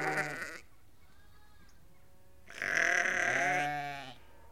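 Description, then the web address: Sheep bleats: the end of one at the start, a quieter gap with faint bleating, then a loud drawn-out bleat. A flock of about 30 to 50 ewes and lambs calling. "BBC Sound Effects Library (Livestock) About 30-50 Ewes and Lambs Calling"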